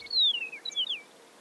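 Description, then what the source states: Chihuahuan Meadowlark song, a clear whistled phrase sliding downward, followed by a few short slurred whistles, over faint background hiss. Lives in dry desert grasslands of northern Mexico and the southwestern U.S.; song differs from other North American meadowlarks.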